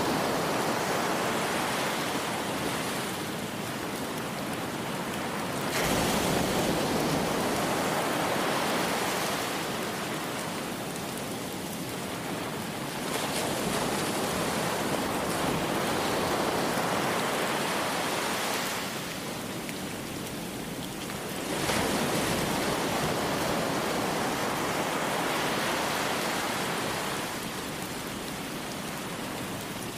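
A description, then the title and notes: Dense, steady hiss of rain blends with ocean waves. The wash swells and eases in slow surges, rising around 6, 13 and 22 seconds, then ebbing away. The sound is full and bright, with no distinct drops or other sounds standing out. Rain Sounds & Ocean Waves White Noise.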